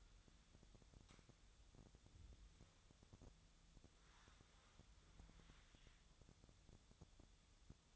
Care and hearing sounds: daily activity, microphone in the room; wipe stove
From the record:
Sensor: 3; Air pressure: 1004.8 hPa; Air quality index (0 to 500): 79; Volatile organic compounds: 2 ppm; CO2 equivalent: 1202 ppm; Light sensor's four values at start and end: 8/18/7/7 and 8/18/7/7

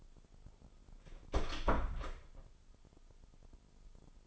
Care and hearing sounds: daily activity, microphone in the room; close door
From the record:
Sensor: 5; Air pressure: 996.3 hPa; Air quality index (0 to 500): 38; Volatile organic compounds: 1 ppm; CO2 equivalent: 614 ppm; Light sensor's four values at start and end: 43/101/42/44 and 43/101/42/44

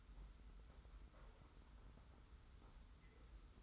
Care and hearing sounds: daily activity, microphone in the room; take from stove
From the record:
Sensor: 3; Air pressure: 990.9 hPa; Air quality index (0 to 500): 101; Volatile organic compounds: 34 ppm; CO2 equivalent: 3047 ppm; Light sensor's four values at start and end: 45/125/51/45 and 45/124/51/44

